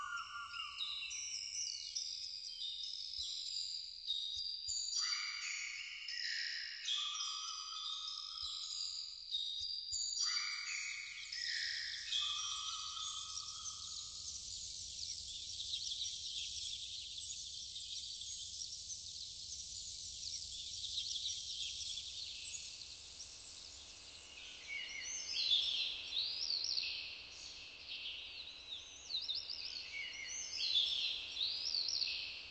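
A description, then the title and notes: A rainforest soundscape of dense, bright bird chatter and insect-like trilling that carries throughout. In the first fifteen seconds, repeated lower whistled calls break in around 1, 5, 8, 10 and 13 seconds; later a steady low rumble joins, and sharper high calls swell near the end. Rainforest.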